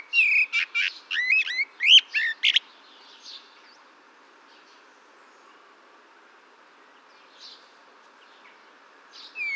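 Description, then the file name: Eurasian blackbird song: a burst of rapid, sweeping high notes in the first seconds, then a long quiet gap and a short fresh phrase at the end. "Turdus merula"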